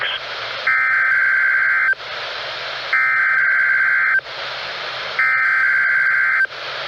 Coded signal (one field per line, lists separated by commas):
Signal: Emergency Alert System (SAME) tones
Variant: header bursts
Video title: NOAA Required Weekly Tests (EAS #962-963)